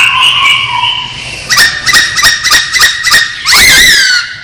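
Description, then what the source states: Masked laughingthrush giving a wavering whistle, then several sharp rapid notes and a loud falling whistled call. Described as 'gacor', a bird-keepers' term for a bird in full, vigorous song.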